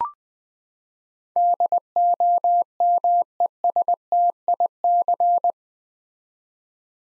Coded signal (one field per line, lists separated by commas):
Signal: Morse code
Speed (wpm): 21 wpm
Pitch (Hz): 700 Hz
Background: none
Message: DOMESTIC